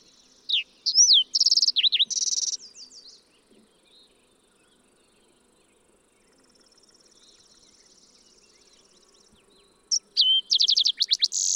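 Fox sparrow gives two song phrases about nine seconds apart, each a mix of slurred whistles, buzzy trills and dropping notes, with a faint high buzz between.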